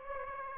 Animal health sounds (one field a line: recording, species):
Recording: mosquito wingbeat signal from an infrared sensor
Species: Aedes aegypti